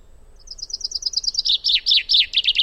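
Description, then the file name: Common chaffinch song phrase: a descending trill of high chirps that becomes stronger and rougher toward the end. "Fringilla coelebs"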